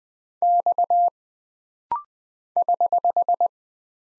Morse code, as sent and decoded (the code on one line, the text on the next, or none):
-..- / ........
X <HH>